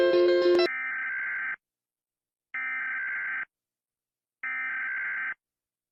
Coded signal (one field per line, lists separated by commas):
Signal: Emergency Alert System (SAME) tones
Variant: header bursts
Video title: Rating EAS alarms// IvoryGacha